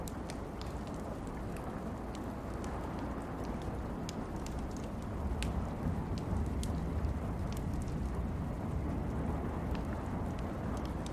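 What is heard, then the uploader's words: Steady rain hisses throughout, with scattered sharp drip and tap clicks landing irregularly on top. A deep, dense rumble sits underneath the whole time and grows slightly louder and heavier from about the five-second mark to the end. Rain & Thunderstorm Sounds ¦ Crackling Fireplace.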